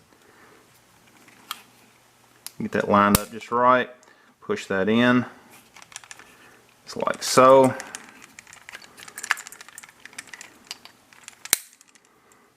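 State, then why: Seated. During reassembly of a Springfield Operator 1911 Light Weight pistol, a small metal part is lined up and pushed in while someone talks. Soft metallic ticks and handling clicks follow as it is worked into position. At 11.5 s a sharp, loud snap is heard as the part seats fully home.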